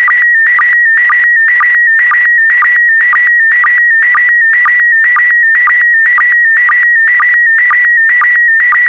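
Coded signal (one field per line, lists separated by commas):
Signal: SSTV (slow-scan television)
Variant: PD120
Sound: warbling high tone near 1.9 kHz with short low sync chirps twice a second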